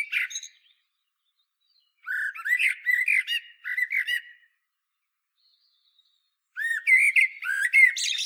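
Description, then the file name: Common blackbird song: short mellow whistled phrases mixed with high chattering notes, in a few bursts separated by silent gaps. "Turdus merula"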